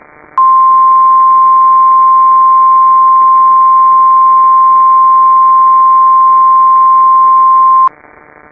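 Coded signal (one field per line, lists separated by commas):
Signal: Emergency Alert System (SAME) tones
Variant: 1050 Hz attention tone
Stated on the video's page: Fictional EAS scenario.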